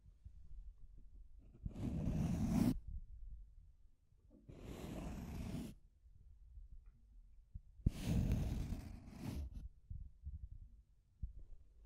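Deep scratching comes in three long strokes, near 2, 5 and 8 seconds, each about a second or more of rough, gritty rasping with a heavy low rumble underneath. Between strokes, a soft low thumping and faint rustling continue.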